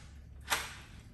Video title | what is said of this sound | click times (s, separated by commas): TESTING DYSON V11 ABSOLUTE EXTRA! WHAT IS MY FIRST IMPRESSION? -- Pink Gaey💗 | will just hear it click that's it easy | 0.5 s